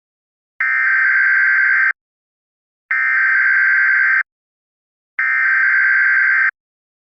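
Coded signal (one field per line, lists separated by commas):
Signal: Emergency Alert System (SAME) tones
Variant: header bursts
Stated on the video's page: Simulated tornado outbreak EAS scenario, a fictional recreation.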